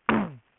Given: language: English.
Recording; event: throat vibration sensor signal played as sound; throat clearing